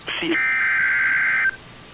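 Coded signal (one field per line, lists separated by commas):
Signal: Emergency Alert System (SAME) tones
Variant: header bursts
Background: speech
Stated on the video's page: Real EAS alerts received by DXing distant stations.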